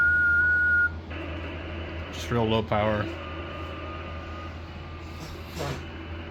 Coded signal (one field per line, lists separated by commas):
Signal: FT8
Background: speech